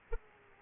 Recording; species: mosquito wingbeat signal from an infrared sensor; Aedes aegypti